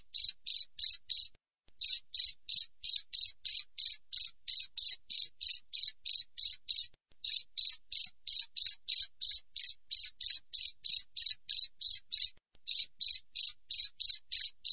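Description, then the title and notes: Cricket calling with a rapid, regular series of high buzzy chirps, briefly interrupted now and then before carrying on. Wild cricket (jangkrik alam), clear chirping with tight, close intervals, offered as a tutor recording for training songbirds and for repelling rats. "Masteran Jangkrik Alam Jernih, Jeda Rapat Cocok Untuk Masteran Burung Dan Mengusir Tikus. suara jangkrik"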